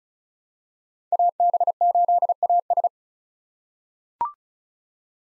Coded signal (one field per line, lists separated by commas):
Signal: Morse code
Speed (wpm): 36 wpm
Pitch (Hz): 700 Hz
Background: none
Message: AB8AS